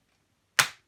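A plastic fin on the cyclone shroud of a Dyson DC07 vacuum, normally snapped into place, is pulled down and out with vice grips. After near silence, a single sharp, loud pop comes at 0.6 s and fades away within about two tenths of a second. The first fin is released from its mounting.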